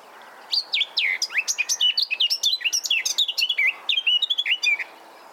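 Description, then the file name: Eurasian blackcap song, a lively stream of rich fluted and warbled notes that dip and rise, running continuously for several seconds. "Sylvia atricapilla"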